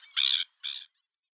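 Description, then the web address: Black-winged stilt giving a single harsh nasal yelp followed by a shorter second note, then quiet. "Schulze Peter Black-winged Stilt"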